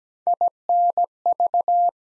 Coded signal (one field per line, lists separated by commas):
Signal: Morse code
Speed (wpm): 17 wpm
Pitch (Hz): 700 Hz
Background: none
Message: INV